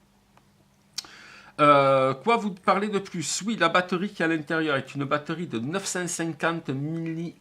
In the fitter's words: donc les contacteurs sont vers le devant et ici, hop, de suite, ça clipse.